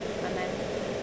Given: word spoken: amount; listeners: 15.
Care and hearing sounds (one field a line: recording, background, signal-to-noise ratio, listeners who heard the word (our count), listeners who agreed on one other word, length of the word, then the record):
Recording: one English word in noise, from a listening test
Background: speech-shaped noise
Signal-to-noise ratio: -6.9 dB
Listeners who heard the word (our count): 1 of 15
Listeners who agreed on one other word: 11 of 15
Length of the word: 0.63 s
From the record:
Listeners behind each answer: 11, 1, 1, 1, 1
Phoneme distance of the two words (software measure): 20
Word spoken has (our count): 2 syllables, 5 phonemes, stress on syllable 2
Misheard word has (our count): 2 syllables, 5 phonemes, stress on syllable 2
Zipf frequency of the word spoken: 5.07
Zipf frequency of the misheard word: 3.11